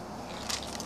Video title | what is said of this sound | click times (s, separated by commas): Airsoft Reports-Echo 1 G36-C | and when you push it in it just locks in place very securely it's not going anywhere | 0.8 s